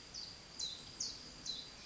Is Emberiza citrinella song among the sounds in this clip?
no